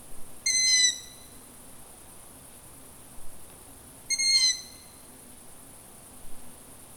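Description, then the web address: Long-eared owl repeating a strained, high-pitched squeak: two strong calls roughly three and a half seconds apart. Recorded on 29 July 2018. "fagelljud 20180729 hornuggla"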